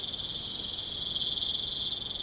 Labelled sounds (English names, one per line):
none